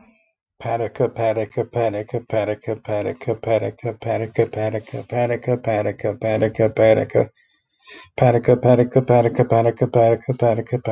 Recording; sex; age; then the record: repeated syllables /pa ta ka/; male; 30 to 39 years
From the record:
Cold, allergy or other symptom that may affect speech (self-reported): no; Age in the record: 35 years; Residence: Texas, United States